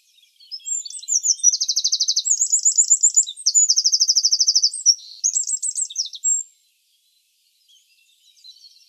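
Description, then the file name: Eurasian wren song: a fast, loud, high-pitched outpouring of sharp notes and rattling trills, running about six seconds, then silence with faint chirps. "Troglodytes troglodytes"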